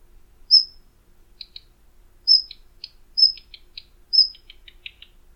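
Flycatcher calls: four thin, high whistled notes, each trailed by a quick cluster of dry chips, in a quiet background.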